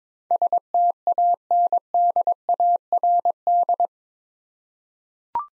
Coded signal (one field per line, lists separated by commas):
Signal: Morse code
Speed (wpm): 22 wpm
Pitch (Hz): 700 Hz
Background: none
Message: STANDARD